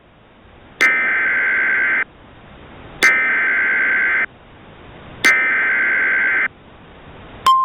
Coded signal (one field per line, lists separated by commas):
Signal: Emergency Alert System (SAME) tones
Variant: header bursts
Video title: EAS Mock 35: Thunderstorms in Western Texas